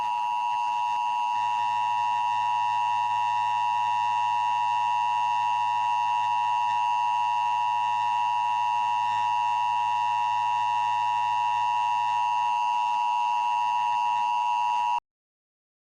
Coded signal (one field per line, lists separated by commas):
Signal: Emergency Alert System (SAME) tones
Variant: 853 and 960 Hz attention tone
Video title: Special Bulletin - EAS Scenario #9 (Based on the Film.)